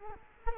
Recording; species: mosquito wingbeat signal from an infrared sensor; Culex quinquefasciatus